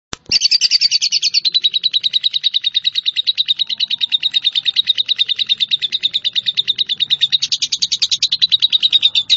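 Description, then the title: Java sparrow singing a long, unbroken, rapid series of high pulsed notes, steady in pitch with slight shifts, continuing for the whole stretch. "kicau gelatik"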